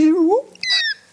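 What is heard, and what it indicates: A brief hummed tone rises in pitch, then gives way to a thin, high whistling hiss lasting about a third of a second. It is a vocal imitation of tinnitus by a 45-year-old man who has had it for over 20 years, since his early twenties, probably caused by loud music and poor speakers in youth centres. He hears it as a rushing noise.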